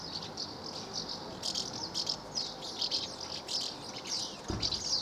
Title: 1 Rue Notre Dame, 24550 Villefranche-du-Périgord, France - Swallows - Hirondelles